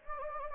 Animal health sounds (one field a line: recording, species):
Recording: mosquito wingbeat signal from an infrared sensor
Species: Anopheles gambiae